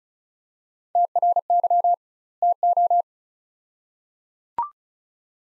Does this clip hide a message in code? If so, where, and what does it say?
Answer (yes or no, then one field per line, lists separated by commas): yes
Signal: Morse code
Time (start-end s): 1.0-3.0 s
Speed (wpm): 36 wpm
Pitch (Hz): 700 Hz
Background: none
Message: TRY TO